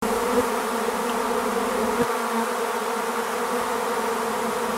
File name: sonido enjambre de Abejas